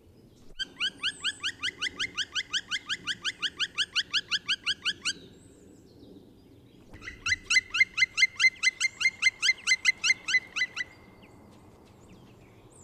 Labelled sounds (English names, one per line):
Black Woodpecker call